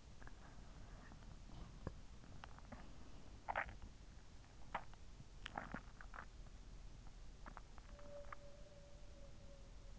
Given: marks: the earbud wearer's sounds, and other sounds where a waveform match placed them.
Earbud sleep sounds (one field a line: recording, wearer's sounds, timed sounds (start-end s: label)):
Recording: sounds in sleep by an in-ear microphone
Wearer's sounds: breath, swallowing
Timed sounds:
0.00-2.00 s: breath
1.83-8.18 s: swallowing
7.65-9.99 s: sound from someone else or the room